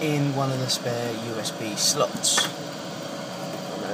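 A USB flash drive is being pushed into a spare USB slot on the game board of a Barcrest RIO fruit machine while someone talks over a steady fan-like hum. Nothing has seated or clicked yet.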